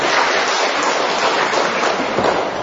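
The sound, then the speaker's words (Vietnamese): An audience applauds people from Nghệ An in a dense, steady wash of clapping that holds at an even, fairly loud level for a few seconds, with no voices standing out. “Đến đây cho chồng phát tay hoan hô những người từ Nghệ An.”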